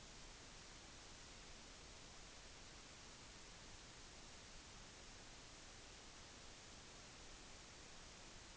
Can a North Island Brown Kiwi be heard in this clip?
no